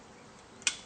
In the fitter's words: c'est bien clipsé on a sur le coup on fait le tour on vérifiant ce qui est bien en place